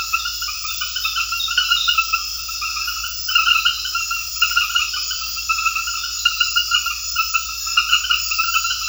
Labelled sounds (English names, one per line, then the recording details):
none
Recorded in secondary vegetation near Puerto Asís, Putumayo, Colombia, on 9 March 2025 at 21:30
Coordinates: 0.498, -76.327
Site G001